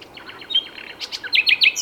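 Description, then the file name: Common nightingale song fragment with soft repeated notes building to loud, sharp chirps. "Luscinia megarhynchos"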